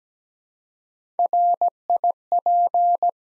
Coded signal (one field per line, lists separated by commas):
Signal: Morse code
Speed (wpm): 17 wpm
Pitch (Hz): 700 Hz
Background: none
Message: RIP